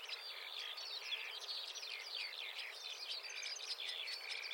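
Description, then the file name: Marsh warbler song, a soft, steady run of jumbled high twittering and chattering notes throughout. "suara kicauan burung marsh warbler. omkicau"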